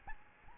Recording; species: mosquito wingbeat signal from an infrared sensor; Aedes albopictus